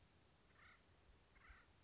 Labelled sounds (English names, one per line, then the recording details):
Acorn Woodpecker
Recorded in Sonoma County, California